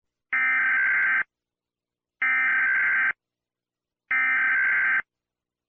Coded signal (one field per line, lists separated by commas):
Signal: Emergency Alert System (SAME) tones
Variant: header bursts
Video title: EAS Alarms from some countries